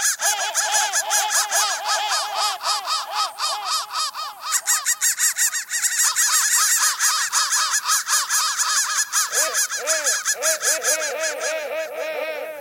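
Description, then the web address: Crows cawing: a long, steady stream of harsh, arched caws from several birds overlapping, with lower, rougher notes joining toward the end. "soundfactory crow"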